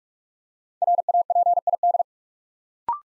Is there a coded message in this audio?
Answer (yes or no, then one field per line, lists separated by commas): yes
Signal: Morse code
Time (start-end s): 0.8-2.0 s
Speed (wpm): 44 wpm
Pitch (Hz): 700 Hz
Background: none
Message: RAPID